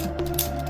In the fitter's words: it clicks in really nicely.